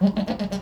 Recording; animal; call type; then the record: contact call of a hoofed animal; goat; low-frequency (closed-mouth) or high-frequency (open-mouth) call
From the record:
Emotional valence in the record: negative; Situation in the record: food frustration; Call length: 0.61 s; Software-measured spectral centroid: 1830 Hz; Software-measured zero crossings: 1030 a second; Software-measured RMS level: -23 dBFS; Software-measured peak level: -9 dBFS